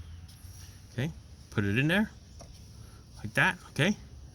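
A plastic wiring harness connector is handled and positioned by hand onto the ignition coil of a 2018 Kia Forte 2.0 while someone talks. Nothing has seated or clicked yet; the connector is meant to click in, with its lock tab going up and coming back down.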